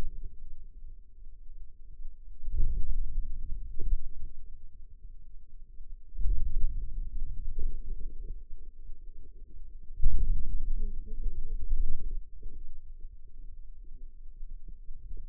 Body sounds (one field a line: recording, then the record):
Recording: forearm muscle sounds (acoustic myography)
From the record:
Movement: ulnar deviation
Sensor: system 2, bracelet of six BSWA MPA416 microphones around the upper forearm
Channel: 6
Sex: female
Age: 21 years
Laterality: right